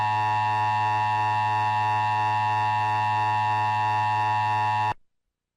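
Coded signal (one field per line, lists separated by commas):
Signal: Emergency Alert System (SAME) tones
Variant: 853 and 960 Hz attention tone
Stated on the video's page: Child Abduction Emergency alert carried on the Comcast cable Emergency Alert System.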